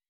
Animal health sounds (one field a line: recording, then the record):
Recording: hydrophone in a shrimp aquaculture tank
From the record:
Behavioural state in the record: weakened